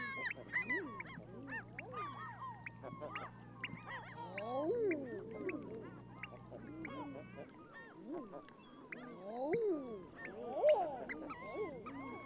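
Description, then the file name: Common eider cooing calls rising and falling amid many short calls, over a low hum that stops partway through. "Edredone"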